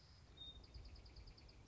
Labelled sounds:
Song Sparrow
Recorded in Sonoma County, California

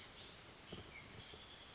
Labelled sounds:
Chestnut-backed Chickadee
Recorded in Sonoma County, California

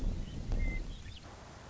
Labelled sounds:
Western Meadowlark
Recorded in Sonoma County, California

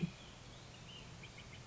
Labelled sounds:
Ash-throated Flycatcher
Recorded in Sonoma County, California

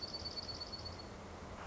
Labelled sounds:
Dark-eyed Junco
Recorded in Sonoma County, California

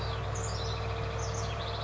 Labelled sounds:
House Wren
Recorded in Sonoma County, California

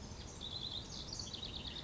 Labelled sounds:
House Wren
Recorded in Sonoma County, California

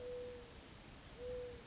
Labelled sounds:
Mourning Dove
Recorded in Sonoma County, California

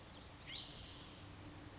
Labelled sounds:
Spotted Towhee
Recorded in Sonoma County, California

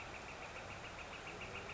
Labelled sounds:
Northern Flicker
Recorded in Sonoma County, California

